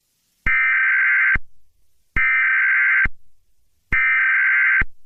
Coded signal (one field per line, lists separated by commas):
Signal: Emergency Alert System (SAME) tones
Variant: header bursts